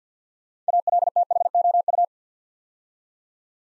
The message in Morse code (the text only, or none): ALTHOU